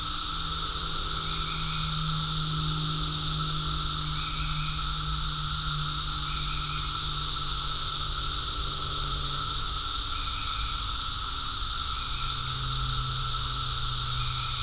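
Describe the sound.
Cicadas, a constant high sizzling chorus with faint short chirps at intervals and a low hum running beneath.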